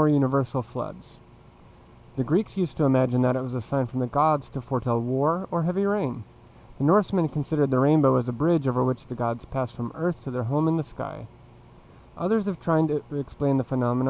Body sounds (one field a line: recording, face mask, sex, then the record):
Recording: reading aloud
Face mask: surgical mask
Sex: male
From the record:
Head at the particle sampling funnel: facing it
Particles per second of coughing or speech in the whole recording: 0.209